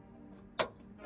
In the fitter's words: simply grab the part with a gray color and slip the notch into the groove you should hear a snap